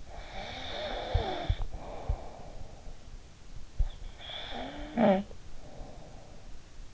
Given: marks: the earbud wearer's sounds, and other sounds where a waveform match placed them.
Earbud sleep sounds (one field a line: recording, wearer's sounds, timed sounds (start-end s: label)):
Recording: sounds in sleep by an in-ear microphone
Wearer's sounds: snoring breath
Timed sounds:
0.17-3.12 s: snoring breath
4.32-6.94 s: snoring breath